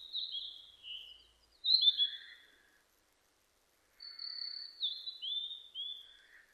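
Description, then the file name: Narcissus flycatcher singing two bursts of high whistled, downslurred notes with softer buzzy undertones, separated by a silent gap of about a second. Recorded 25 April 2006. "060425 kibitaki"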